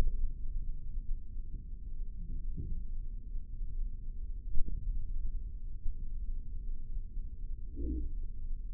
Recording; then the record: forearm muscle sounds (acoustic myography)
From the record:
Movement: index flexion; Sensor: system 3, bracelet of six PUI Audio POM-2738L microphones around the upper forearm, with dedicated amplification and filtering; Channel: 3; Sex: male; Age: 55 years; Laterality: right